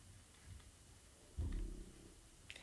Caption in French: Est-ce que je t'entends gargouiller? Mais c'est le thé. Mais c'est normal.